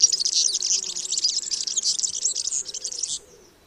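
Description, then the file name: European serin song: a loud, fast, high-pitched fizzy jingle of tumbling notes lasting about three seconds, then stopping abruptly. "Mathias Ritschard - Evropejskij vyurok Serinus serinus"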